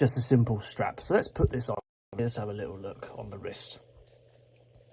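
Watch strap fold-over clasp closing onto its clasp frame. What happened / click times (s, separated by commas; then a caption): The clasp is being handled but has not clicked shut yet / none. Someone talks while about to put a Mathey-Tissot Pepsi 42 watch on the wrist and close the double fold-over clasp on its strap onto the clasp frame. The speech stops near 3.6 seconds, leaving a quiet low hum with a couple of faint soft sounds. The clasp has not clicked shut yet.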